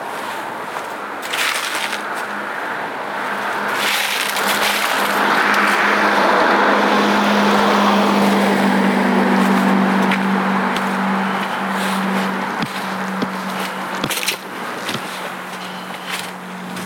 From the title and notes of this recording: A Night Hike on Appleton Trail. A pitch-black night hike on the Appleton Trail.